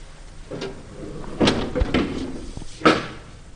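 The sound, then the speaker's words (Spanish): A heavy door to a corridor of empty cells in a modern maximum-security prison, built on the model of the Illinois maximum-security prison, opens with a series of clanking, scraping bursts, a deep thud partway through and a final loud clunk. No one speaks. “Se abre la puerta a uno de los pasillos donde están las celdas vacías, claro.”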